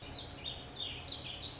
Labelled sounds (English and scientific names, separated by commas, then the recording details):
Warbling Vireo (Vireo gilvus)
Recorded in Sonoma County, California